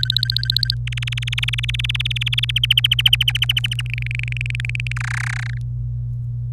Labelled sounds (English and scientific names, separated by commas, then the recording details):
Domestic Canary (Serinus canaria) song
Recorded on 26 April 2018 at 12:23
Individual llb3